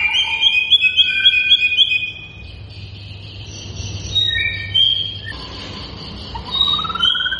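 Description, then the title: White-rumped shama: songbird opens with a quick repeated chip series and whistles, then quieter scattered whistled notes and a rising slurred note over a faint hum. Lure recording meant to prompt shamas to respond and sing; bird described as gacor, singing actively and persistently. "PANCINGAN MURAI BATU GACOR"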